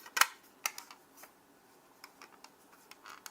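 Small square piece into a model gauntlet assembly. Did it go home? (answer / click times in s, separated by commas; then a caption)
no / none. A small square piece is pressed into its mating part on a die-cast Infinity Gauntlet model kit, expected to snap in. Sharp little ticks and scrapes are heard, the loudest near 0.2 s and 0.7 s, with fainter ticks later. Nothing has snapped into place, though the piece still goes in.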